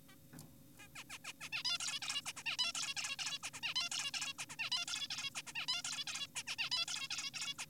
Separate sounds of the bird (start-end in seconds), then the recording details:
0.09-0.15, 0.79-0.88, 0.96-1.04, 1.10-1.18, 1.25-1.33, 1.41-1.49, 1.53-1.63, 1.65-1.78, 1.80-2.00, 2.02-2.22, 2.26-2.32, 2.37-2.43, 2.46-2.57, 2.59-2.72, 2.75-2.94, 2.97-3.16, 3.19-3.38, 3.43-3.50, 3.54-3.60, 3.63-3.74, 3.76-3.89, 3.92-4.11, 4.14-4.34, 4.39-4.45, 4.50-4.56, 4.59-4.70, 4.72-4.85, 4.88-5.08, 5.10-5.30, 5.35-5.42, 5.47-5.53, 5.55-5.66, 5.68-5.82, 5.85-6.05, 6.07-6.27, 6.36-6.43, 6.47-6.56, 6.59-6.70, 6.72-6.86, 6.88-7.08, 7.10-7.31, 7.34-7.54, 7.59-7.65. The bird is an adult. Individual g4p5U